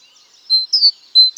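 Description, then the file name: Great tit calls: a clear level whistle followed by a falling two-part note, then another level whistle, over faint background twittering. "Parus major"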